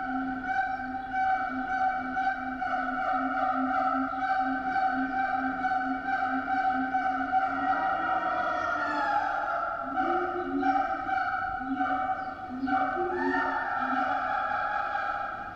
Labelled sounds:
Siamang (Symphalangus syndactylus)
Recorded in captivity
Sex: pair
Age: adult
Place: Zoo Berlin, Berlin, DE
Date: 1984-09-28 11:45
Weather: heiter, 14°C
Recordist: Tembrock, Günter

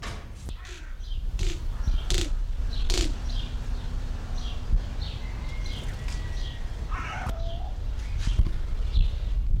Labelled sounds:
Greater Roadrunner (Geococcyx californianus)
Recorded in captivity
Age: adult
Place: Zoo Berlin, Berlin, DE
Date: 1994-07-02 11:04
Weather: sonnig, 18-24°C
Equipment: Marantz CP 430, Sennheiser ME 80, Kopie Uher Variocord 263
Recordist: Tembrock, Günter

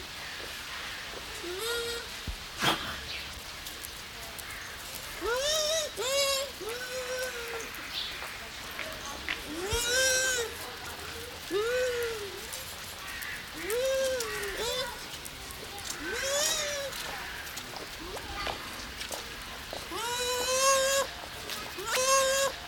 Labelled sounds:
Bush Dog (Speothos venaticus)
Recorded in captivity
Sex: pair
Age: adult
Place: Zoo Berlin, Berlin, DE
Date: 1993-10-16 11:43
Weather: heiter, 6-10 °C
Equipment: Marantz CP 430, Sennheiser MKH 416 T, Kopie Uher Variocord 263
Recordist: Tembrock, Günter

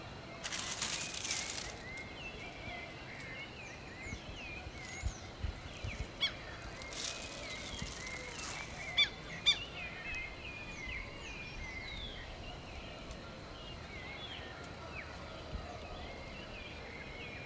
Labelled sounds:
Southern Lapwing (Vanellus chilensis) call
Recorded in the wild
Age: adult
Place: Pirenopolis, Goias, BR
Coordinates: -15.8447, -48.9583
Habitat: savannah
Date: 2013-09-10
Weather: 20°C,sunny, weak wind
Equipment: Olympus LS-3, Olympus ME31
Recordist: Frommolt, Karl-Heinz

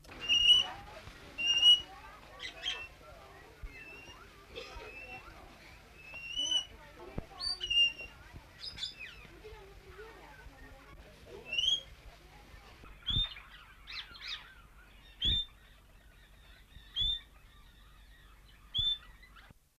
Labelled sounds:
Australian King Parrot (Alisterus scapularis) call
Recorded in captivity
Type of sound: call
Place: Vogelpark Walsrode, Niedersachsen, DE
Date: 1974-07-24
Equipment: Halbspur, 9,5 cm/s
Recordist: Lütgens, Hans
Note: Rufe

